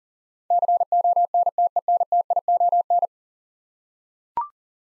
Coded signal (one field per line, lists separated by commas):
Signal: Morse code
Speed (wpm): 38 wpm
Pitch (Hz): 700 Hz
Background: none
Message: CONTENTION